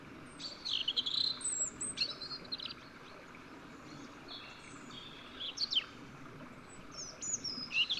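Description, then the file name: European robin song, high thin warbling phrases with sliding notes, separated by short pauses. "Erithacus rubecula"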